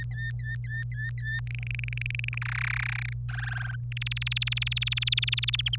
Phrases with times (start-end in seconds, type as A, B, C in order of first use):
0.00-1.40 A, 1.47-2.38 B, 2.42-3.13 C, 3.29-3.76 D, 3.92-5.76 E